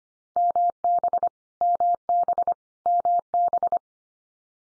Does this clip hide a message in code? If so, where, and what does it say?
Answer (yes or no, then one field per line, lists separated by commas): yes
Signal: Morse code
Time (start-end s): 0.4-3.8 s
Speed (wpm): 25 wpm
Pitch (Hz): 700 Hz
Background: none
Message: MB MB MB